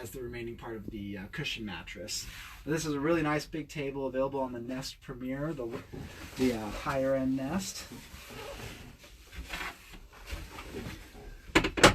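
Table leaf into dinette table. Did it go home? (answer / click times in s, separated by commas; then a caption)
yes / 11.6 s, 11.8 s. A fold-out leaf on the dinette table of a 2020 Nest Premier by Airstream trailer is pushed back into its stowed position while someone talks. It seats with sharp snaps at 11.6 s and 11.8 s, and the leaf is back in place.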